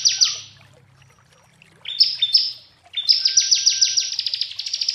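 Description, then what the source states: Prinia song: bursts of quick, sharply descending high notes, repeated in fast runs separated by brief pauses. Prinia song used as masteran training and therapy for birds.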